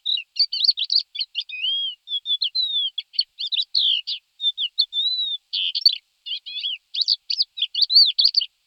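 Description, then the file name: Thekla's lark singing a continuous, varied warble of short whistled slurs, buzzy notes and chirps, with brief gaps between phrases and no other sounds. "Chocholous vavrinovy Galerida theklae"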